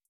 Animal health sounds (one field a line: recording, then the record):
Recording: hydrophone in a shrimp aquaculture tank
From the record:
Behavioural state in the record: starved